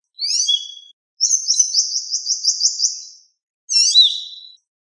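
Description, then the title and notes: Bird song: high, thin chirping phrases, then a long rhythmic trill of quick repeated notes, then a bright squeaky burst. Birdsong from Indonesia. "Kumpulan Kicau Burung Indonesia"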